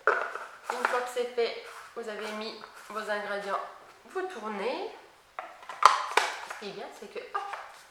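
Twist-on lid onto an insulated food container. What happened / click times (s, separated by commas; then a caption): Handled, not yet home: a container lid is being twisted on / none. A twist-on lid is turned onto an insulated food container after the ingredients have been put in, while someone talks throughout. Short knocks and handling sounds come from the lid and container, with sharp hits near 0.1 s and around 5.4 to 6.2 s. The lid is still being handled and has not seated or clicked yet.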